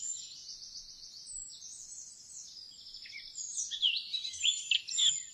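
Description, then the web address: Eurasian blackcap song beginning as thin buzzy trills and ending in louder, clearer warbled notes, with faint background noise throughout. "fuglelyder munk"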